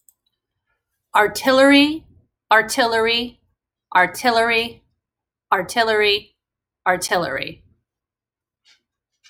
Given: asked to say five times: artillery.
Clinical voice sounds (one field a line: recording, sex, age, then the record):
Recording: repeated word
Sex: female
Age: 30 to 39 years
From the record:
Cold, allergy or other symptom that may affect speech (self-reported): no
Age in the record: 38 years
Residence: Pennsylvania, United States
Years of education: 16